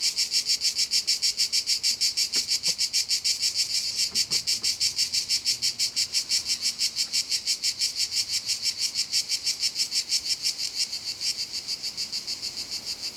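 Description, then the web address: Cicadas keep up a loud, high, throbbing buzz, pulsing evenly about three times per second, with a few faint clicks early on. Cicadas recorded at Castelvecchio di Rocca, Liguria, Italy. "impossible-music Cicadas-Castelvecchio Di Rocca,Liguria,Italy"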